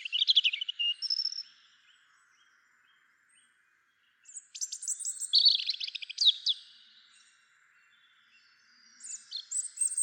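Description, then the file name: European robin song, softer: three separate high, liquid phrases mixing thin whistles, trills and quick downslurs, with gaps between. "Erithacus rubecula"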